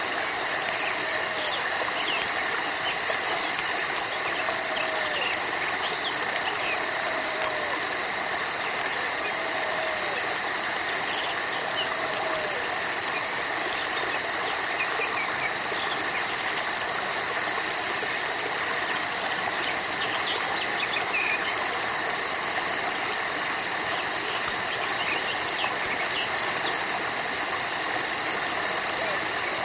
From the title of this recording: FOREST AMBIENCE & GENTLE STREAM SOUNDS